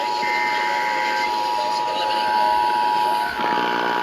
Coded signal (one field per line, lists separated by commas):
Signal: Emergency Alert System (SAME) tones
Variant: 853 and 960 Hz attention tone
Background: speech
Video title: NATIONAL PEROIDIC TEST OF 2021... Tests from 8/11/21 (EAS #612-619)